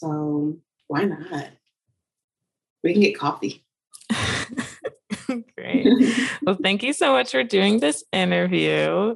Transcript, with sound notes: so…
Why not? We can get coffee.
(laughs) Great. Well, thank you so much for doing this interview.